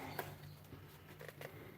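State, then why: Not seated. A snap stud joining a leather knife sheath to its removable frog, which lets the sheath come off without removing the belt, is being handled. Brief sharp taps sound at about 0.2, 1.3 and 1.5 seconds over a steady low hum. Nothing has seated or snapped in place yet.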